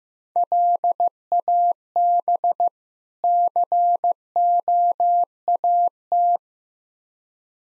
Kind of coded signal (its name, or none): Morse code